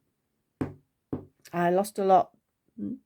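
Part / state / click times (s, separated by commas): safety eye back on a crocheted toy's safety eye / seated / 0.6 s, 1.1 s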